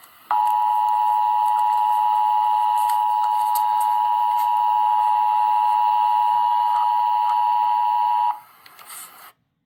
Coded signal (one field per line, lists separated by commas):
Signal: Emergency Alert System (SAME) tones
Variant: 853 and 960 Hz attention tone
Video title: Emergency Alert System - Severe Thunderstorm Warning - Jul 3, 2026 at 6:45 PM EDT